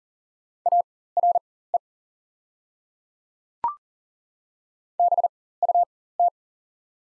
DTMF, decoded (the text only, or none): none